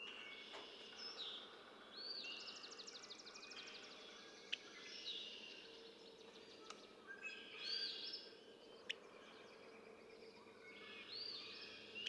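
Red-winged blackbird song: a rapid buzzy trill early on, then scattered whistled phrases and sharp clicks, with a chorus of birds and steady hiss.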